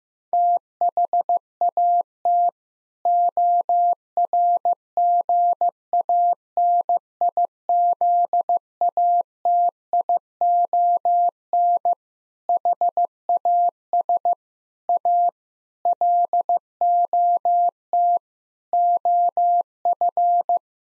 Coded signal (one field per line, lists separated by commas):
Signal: Morse code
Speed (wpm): 15 wpm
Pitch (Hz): 700 Hz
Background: none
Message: THAT ORGANIZATION HAS A LOT OF